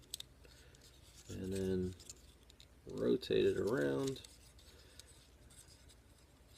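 A plastic foot piece is connected into the leg of a Doublecross (Twinferno) Titan's Return transforming action figure, giving a sharp double plastic click at 0.1 s and 0.2 s as it seats. Someone then talks over quiet handling, with a few faint ticks after.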